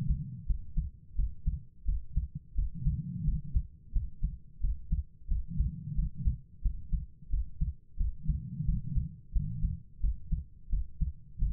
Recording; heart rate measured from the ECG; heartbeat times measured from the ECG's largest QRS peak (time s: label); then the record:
heart sounds by stethoscope; 88 bpm
0.45 s: heartbeat
1.14 s: heartbeat
1.84 s: heartbeat
2.54 s: heartbeat
3.23 s: heartbeat
3.91 s: heartbeat
4.59 s: heartbeat
5.27 s: heartbeat
5.94 s: heartbeat
6.61 s: heartbeat
7.29 s: heartbeat
7.96 s: heartbeat
8.64 s: heartbeat
9.31 s: heartbeat
9.99 s: heartbeat
10.68 s: heartbeat
11.37 s: heartbeat
From the record:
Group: healthy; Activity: rest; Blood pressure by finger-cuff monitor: 120/71 mmHg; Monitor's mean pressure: 87 mmHg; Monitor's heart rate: 88 bpm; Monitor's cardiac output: 7.2 L/min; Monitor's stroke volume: 81 mL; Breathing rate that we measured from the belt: 21 breaths a minute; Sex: female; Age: 32 years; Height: 172 cm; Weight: 71.7 kg